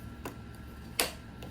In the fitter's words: you hear that click and lock into place?